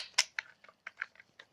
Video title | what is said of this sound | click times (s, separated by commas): Canon Poigné extension batterie TRAVOR GRIP BG-1V\BG-1VIR\SG-1VIR | Voilà. Donc voilà, il s'est clipsé. | 0.4 s